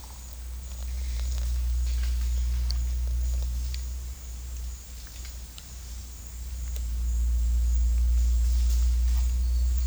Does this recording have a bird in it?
no